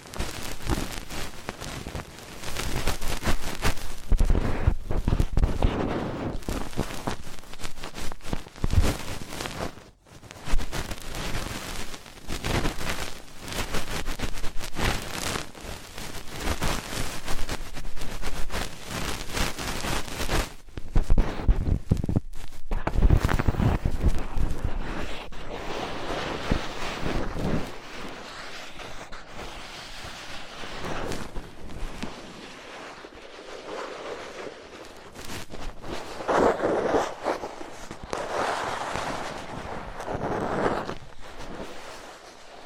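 Fast, intense ear cleaning: dense rough scratching and rubbing that shifts in texture, with brief cutoffs near 10 and 21 seconds, lighter swishes later.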